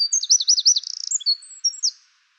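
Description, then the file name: Eurasian wren song: a loud, very high burst of rapid warbling trills and sharp twittering notes lasting about two seconds, then silence. "Troglodytes troglodytes"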